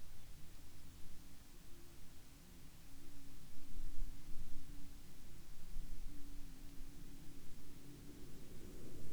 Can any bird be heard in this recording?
no